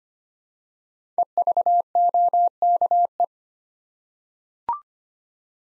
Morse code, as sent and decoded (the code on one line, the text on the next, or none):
. ...- --- -.- .
EVOKE